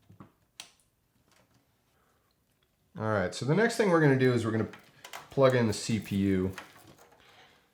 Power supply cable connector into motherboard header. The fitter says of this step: bends around and clicks right in and you'll hear a click